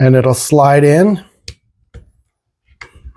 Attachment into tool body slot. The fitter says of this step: And you see right there, now it's locked into place.